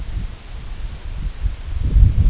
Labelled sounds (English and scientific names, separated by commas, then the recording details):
none
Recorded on Arctic tundra, site IGLO-D, on 19 June 2018
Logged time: 14:00